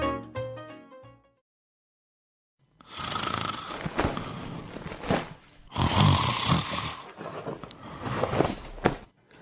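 A short musical jingle and a pause give way to about four loud, rasping, snorting snore cycles over roughly six seconds, each a coarse rattling breath. This is acted snoring by an adult sleeping on their back, a noisy vibration of the upper airway during sleep.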